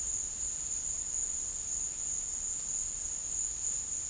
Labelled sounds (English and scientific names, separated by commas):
none